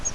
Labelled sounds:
Yellow-rumped Warbler flight call

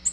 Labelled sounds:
Nashville Warbler flight call

